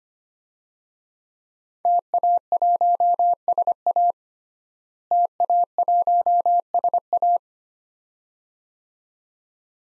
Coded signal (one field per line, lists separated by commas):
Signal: Morse code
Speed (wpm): 25 wpm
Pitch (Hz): 700 Hz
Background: none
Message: TA1SA TA1SA